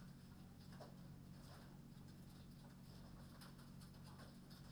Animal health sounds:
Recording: poultry house recording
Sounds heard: no chicken sound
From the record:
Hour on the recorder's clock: 23

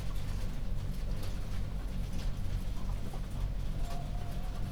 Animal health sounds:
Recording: poultry house recording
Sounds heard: healthy chickens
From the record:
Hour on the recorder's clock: 0

